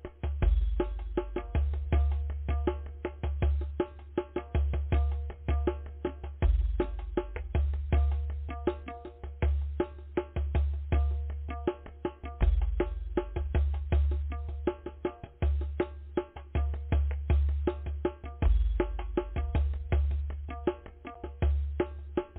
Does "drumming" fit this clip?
yes